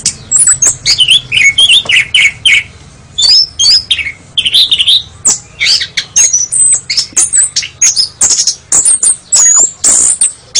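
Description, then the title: Oriental magpie-robin song: loud, varied phrases of bright whistles, harsh chips and twittering runs, delivered in bursts separated by short silences. "Kacer"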